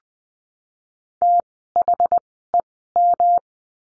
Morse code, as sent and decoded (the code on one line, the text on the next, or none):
- .... . --
THEM